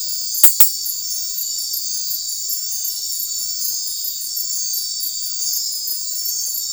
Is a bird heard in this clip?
no